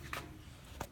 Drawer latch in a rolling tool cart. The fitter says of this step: lashes are nice and positive you and I positive clicking sound the